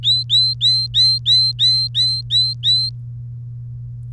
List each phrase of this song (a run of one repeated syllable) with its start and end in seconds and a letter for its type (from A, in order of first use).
0.03-2.89 A